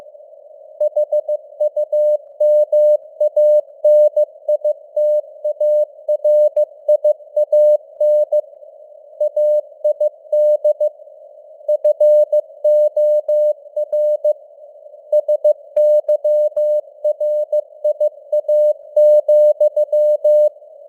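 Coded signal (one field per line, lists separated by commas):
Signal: Morse code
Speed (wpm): 15 wpm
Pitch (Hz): 600 Hz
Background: none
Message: HUMANITARIAN AID FOR SYRIA,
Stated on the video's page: News headlines sent in Morse at 15 wpm with simulated radio noise and varying signal strength (QSB).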